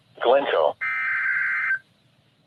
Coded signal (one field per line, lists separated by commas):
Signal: Emergency Alert System (SAME) tones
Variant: header bursts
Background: speech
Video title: My First Flash Flood Warning | 8/31/20 | EAS 22